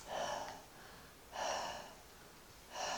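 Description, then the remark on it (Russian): Three loud, breathy gusts of a person's breath blown into a microphone at a steady pace, each roughly half a second long with a hissy, windy rush, separated by brief quiet gaps. No speech. “Если я буду только дышать в микрофон, вы ничего не поймете.”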